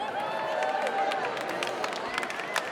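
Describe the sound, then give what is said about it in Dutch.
Steady audience applause with dense, overlapping claps at a fairly even level throughout, mixed with a murmur of voices and some faint cheering, welcoming the final performing artist at an open house event in Dominicus. “Dus welkom met een hartelijke applaus,”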